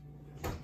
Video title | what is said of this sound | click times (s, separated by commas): BQ sandwiches and Garlic Mashed Potatoes made in my pamper-Quarantine Cookinged chef quick cooker - | makes a little clicked | 0.4 s